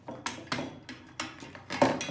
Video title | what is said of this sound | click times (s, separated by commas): Assembling the We Share Solar 501 Suitcase | I'll go ahead and do that it takes a little bit of force but then it will snap into place and | 0.3 s, 1.2 s